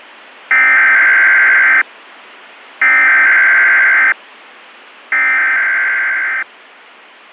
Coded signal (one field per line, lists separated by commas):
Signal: Emergency Alert System (SAME) tones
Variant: header bursts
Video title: [SFM] EAS